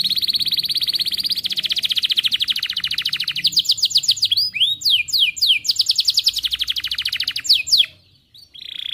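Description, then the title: Canary delivering a long steady rapid trill that breaks into quicker sweeping chirps, then falls silent for a moment before a new high note starts. Canary in energetic full song (gacor), with the best melodic phrasing (cengkok) and the most luxurious fill-in phrases (isian). "Kenari Gacor Cengkok Terbaik Isian Paling Mewah Kenarigacor Kicaumania Kenari"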